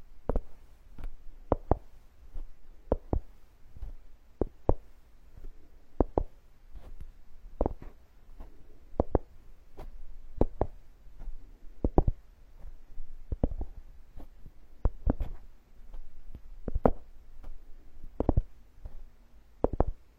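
Wooden tools tap and knock in a carpenter's workshop-style scalp massage, short sharp clicks landing every half second or so in loose, uneven clusters. Some taps are hard and bright, others softer. A faint low hiss sits underneath throughout.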